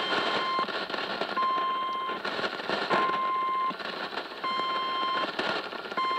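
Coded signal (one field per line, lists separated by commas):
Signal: unidentified radio signal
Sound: steady repeating beeps near 1 kHz, about one per 1.5 seconds, in hiss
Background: radio static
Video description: 4185kHz. Beeping signal UNID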